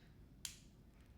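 A reversible tab cap, flipped to its reversed side, is turned clockwise onto a medicine bottle and gives a single sharp, bright click at 0.5 s against a quiet background. The cap clicks but is not on properly and has to be redone.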